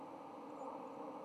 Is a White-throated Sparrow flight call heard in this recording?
no